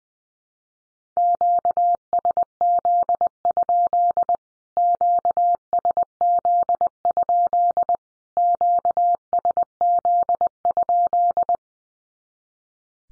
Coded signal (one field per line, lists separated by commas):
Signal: Morse code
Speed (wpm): 19 wpm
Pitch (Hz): 700 Hz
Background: none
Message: QSZ? QSZ? QSZ?